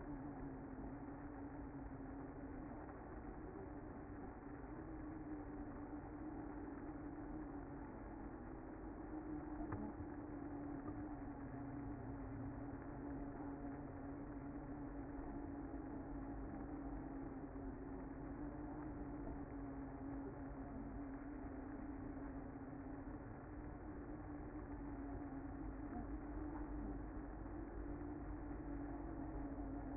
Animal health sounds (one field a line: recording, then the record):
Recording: honeybee colony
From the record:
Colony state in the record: active